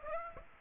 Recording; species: mosquito wingbeat signal from an infrared sensor; Aedes aegypti